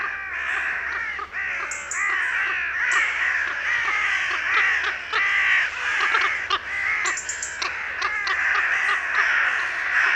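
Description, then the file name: Carrion crow calls, harsh repeated caws from a group of crows overlapping without pause throughout. "Corvus corone"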